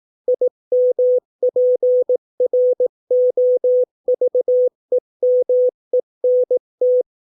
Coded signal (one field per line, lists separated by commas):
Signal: Morse code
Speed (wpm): 18 wpm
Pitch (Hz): 500 Hz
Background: none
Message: IMPROVEMENT